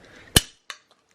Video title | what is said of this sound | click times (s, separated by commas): BEWARE - He was sold a FAKE Taylormade Driver... HOW TO SPOT!? | that has clicked in and that | 0.4 s